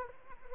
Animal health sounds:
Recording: mosquito wingbeat signal from an infrared sensor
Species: Anopheles arabiensis

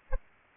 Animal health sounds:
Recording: mosquito wingbeat signal from an infrared sensor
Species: Anopheles arabiensis

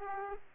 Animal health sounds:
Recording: mosquito wingbeat signal from an infrared sensor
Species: Aedes aegypti

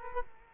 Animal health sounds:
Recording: mosquito wingbeat signal from an infrared sensor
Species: Culex quinquefasciatus

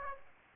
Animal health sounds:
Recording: mosquito wingbeat signal from an infrared sensor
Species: Aedes aegypti

